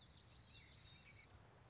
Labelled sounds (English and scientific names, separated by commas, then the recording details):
Common Yellowthroat (Geothlypis trichas)
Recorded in Sonoma County, California